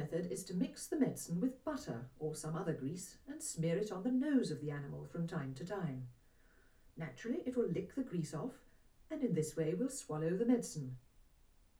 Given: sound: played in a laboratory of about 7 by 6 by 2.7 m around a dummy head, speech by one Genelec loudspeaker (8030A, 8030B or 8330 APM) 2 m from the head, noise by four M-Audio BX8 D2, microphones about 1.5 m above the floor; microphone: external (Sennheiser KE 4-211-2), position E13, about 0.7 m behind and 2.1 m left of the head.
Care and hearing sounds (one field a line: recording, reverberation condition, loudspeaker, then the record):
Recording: female speech in English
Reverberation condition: low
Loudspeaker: 60 degrees to the right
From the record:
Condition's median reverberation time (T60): about 310 ms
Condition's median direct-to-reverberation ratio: about 3.5 dB